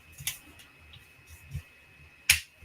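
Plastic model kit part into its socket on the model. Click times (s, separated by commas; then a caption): 2.3 s. A plastic scale-model kit part is pressed into its mating socket on the model, with a faint tick at 0.3 s. A sharp, bright snap at 2.3 s marks the part popping right into place, fully seated.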